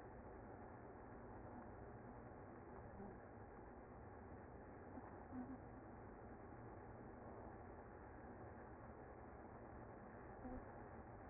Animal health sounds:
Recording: honeybee colony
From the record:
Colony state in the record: active

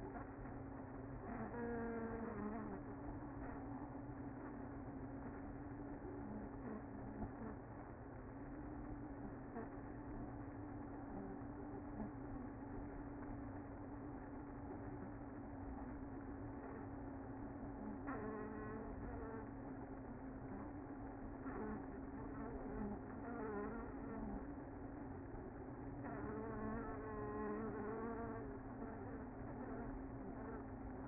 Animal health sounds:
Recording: honeybee colony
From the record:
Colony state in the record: active

